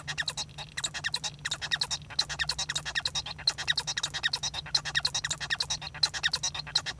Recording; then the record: song of a male Bengalese finch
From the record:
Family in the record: son of father 1